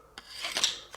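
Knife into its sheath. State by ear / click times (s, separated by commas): seated / 0.6 s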